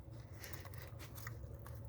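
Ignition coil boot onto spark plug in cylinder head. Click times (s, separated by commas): 0.4 s, 1.3 s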